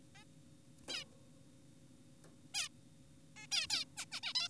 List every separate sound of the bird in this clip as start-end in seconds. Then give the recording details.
0.15-0.24, 0.88-1.04, 2.54-2.69, 3.36-3.47, 3.52-3.67, 3.70-3.85, 3.97-4.05, 4.12-4.20, 4.23-4.33, 4.35-4.48. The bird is an adult. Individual g4p5U